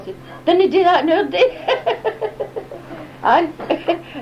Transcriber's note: laughs